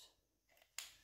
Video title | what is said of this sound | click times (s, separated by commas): Alphard Golf eWheels wheelie bar unboxing / Rovic RV1S bracket installation / silicone remote sleeve | we're gonna bring this up into it clicks and then | 0.8 s